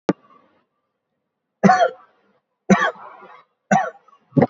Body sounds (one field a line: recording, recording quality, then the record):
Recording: heavy voluntary cough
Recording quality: excellent, no background noise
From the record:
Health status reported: COVID-19 positive, moderate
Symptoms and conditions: sore throat, fever, fatigue, muscle pain, loss of smell and taste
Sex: male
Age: 25 years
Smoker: not ticked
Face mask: not worn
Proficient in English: no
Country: India